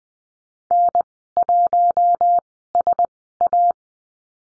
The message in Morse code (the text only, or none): N1SA